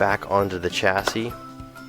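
The display assembly of an iPhone 6 is handled and brought back onto the phone's chassis after a battery swap, while someone talks over background music. The screen has not snapped or seated onto the frame yet in this clip.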